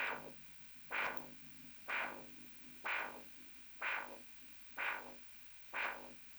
Heart beat doppler record.